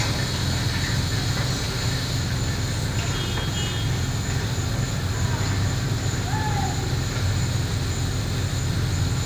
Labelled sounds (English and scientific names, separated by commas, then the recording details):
none
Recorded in pastures near Puerto Asís, Putumayo, Colombia, on 26 December 2024 at 13:30
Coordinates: 0.466, -76.322
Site G040